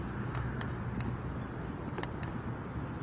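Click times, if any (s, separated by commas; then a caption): none. Someone repeatedly works the opener on the rear hatch latch of a 2005 Mini Cooper (R50), producing small, sharp clicks around 0.4, 0.6, 1.0 and 2.0 s over a steady low background rumble. The latch never releases the hatch, and the proper release click has not happened yet.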